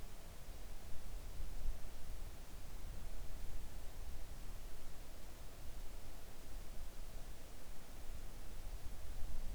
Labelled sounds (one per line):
near silence